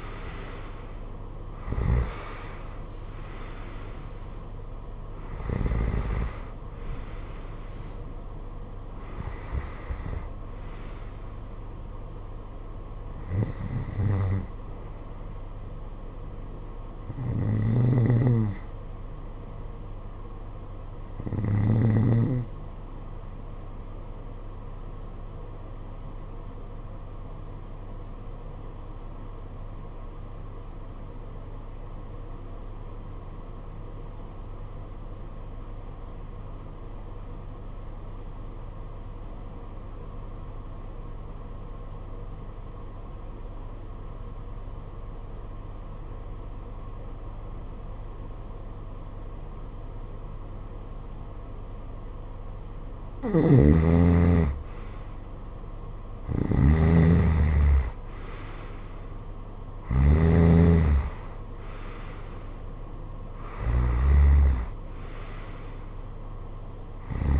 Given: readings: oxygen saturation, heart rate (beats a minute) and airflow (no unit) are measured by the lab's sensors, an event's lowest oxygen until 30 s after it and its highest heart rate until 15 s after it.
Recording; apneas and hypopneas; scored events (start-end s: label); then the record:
breathing in sleep by a smartphone at the bedside; 1
26.00-55.20 s: obstructive apnea (REM, oxygen 96% highest, then 82% lowest, heart rate 53 at the start, 68 highest)
From the record:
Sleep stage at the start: REM sleep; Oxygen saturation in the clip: 80 to 96%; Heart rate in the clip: 53 to 75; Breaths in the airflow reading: 10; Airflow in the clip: -15.5 to 17.3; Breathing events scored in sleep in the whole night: 476 in 9.7 hours asleep